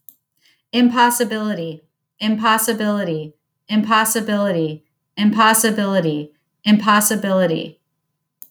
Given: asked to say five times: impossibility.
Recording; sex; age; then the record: repeated word; female; 30 to 39 years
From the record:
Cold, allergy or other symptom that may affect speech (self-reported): no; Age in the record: 39 years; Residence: Florida, United States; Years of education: 18